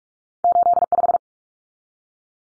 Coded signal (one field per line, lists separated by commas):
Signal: Morse code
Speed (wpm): 44 wpm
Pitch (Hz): 700 Hz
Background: none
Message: 85